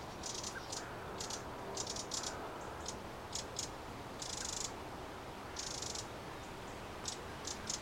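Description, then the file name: Eurasian wren calls: sharp clicking ticks grouped into brief rattles, some runs longer and buzzier, recurring frequently against constant low noise. "Troglodytes troglodytes"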